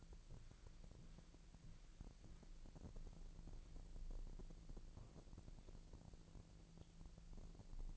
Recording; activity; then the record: daily activity, microphone in the room; walk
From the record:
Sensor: 5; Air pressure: 1002.1 hPa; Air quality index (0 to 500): 240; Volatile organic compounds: 27 ppm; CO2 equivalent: 2881 ppm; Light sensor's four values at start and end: 31/74/31/34 and 31/74/31/34